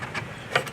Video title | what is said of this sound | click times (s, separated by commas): Installation Video For the 2018 Porsche 911 GTS | it in until it clicks into place, and you are done. | 0.6 s